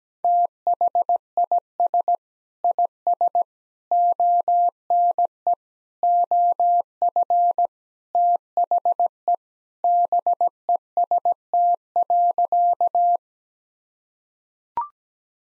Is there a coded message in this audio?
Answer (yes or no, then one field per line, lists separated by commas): yes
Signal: Morse code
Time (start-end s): 0.2-13.2 s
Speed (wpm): 17 wpm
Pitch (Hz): 700 Hz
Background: none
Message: THIS IS ONE OF THE BEST.